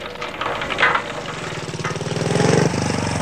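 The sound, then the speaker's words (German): A motorcycle engine buzzes and swells in loudness on a street at night, its droning pitch climbing, then abruptly drops lower as the bike passes and carries on rumbling. “Der Motorradfahrer eben.”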